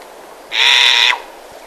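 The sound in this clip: Verreaux's sifaka making a single loud, buzzy, rasping call of roughly half a second, even in pitch throughout, over low background hiss.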